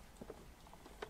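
A cable clip is being fitted onto a leisure battery terminal, producing quiet handling noise with faint taps around 0.3 s, 0.7 s and 1.0 s. The clip has not snapped on or seated yet.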